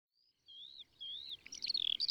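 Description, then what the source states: Bird song: two clear wavering whistles, then a busy burst of quick high notes and chirps. March.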